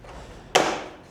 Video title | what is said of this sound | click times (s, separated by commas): Comment installer un support de plaque et des feux arrière sur une BMW S1000RR | Et ça se clipse comme ça. | 0.6 s